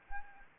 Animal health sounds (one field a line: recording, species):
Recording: mosquito wingbeat signal from an infrared sensor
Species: Anopheles gambiae